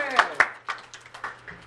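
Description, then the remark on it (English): An audience claps their hands at a performer's request before a drum and song performance, in a loose, uneven patter, sharp individual claps scattered over a couple of seconds with faint voices murmuring underneath. “Y'all ready? Clap your hands.”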